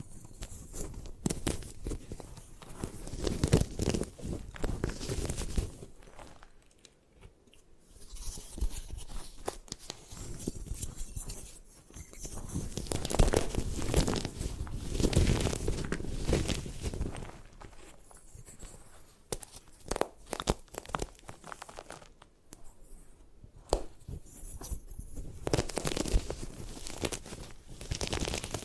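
Gym chalk is crushed and crumbled in bursts of dry crunching and gritty rustling, swelling louder around 3, 14 and 23 seconds between quieter pauses.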